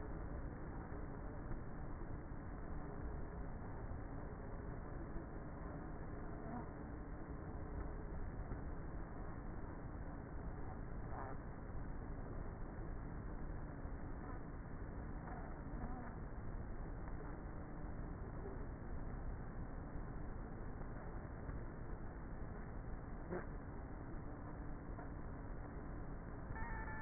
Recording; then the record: honeybee colony, microphone inside the hive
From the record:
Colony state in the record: queenless with a low population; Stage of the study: before two queens were removed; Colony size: about 30,000 bees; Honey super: no